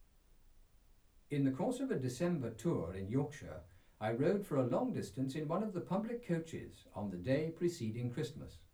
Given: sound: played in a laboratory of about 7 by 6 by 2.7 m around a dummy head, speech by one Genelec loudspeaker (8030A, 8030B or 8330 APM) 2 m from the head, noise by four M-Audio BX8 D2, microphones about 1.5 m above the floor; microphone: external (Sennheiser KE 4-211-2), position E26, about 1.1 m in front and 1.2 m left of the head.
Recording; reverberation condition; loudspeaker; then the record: male speech in English; low; 150 degrees to the right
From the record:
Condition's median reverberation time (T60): about 310 ms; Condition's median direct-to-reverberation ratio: about 3.5 dB